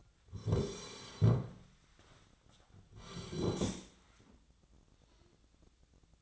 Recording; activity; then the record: daily activity, microphone in the room; sit down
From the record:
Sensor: 3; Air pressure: 1009.2 hPa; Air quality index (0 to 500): 185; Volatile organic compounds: 3 ppm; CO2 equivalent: 1494 ppm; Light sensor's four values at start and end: 41/106/47/48 and 48/125/55/55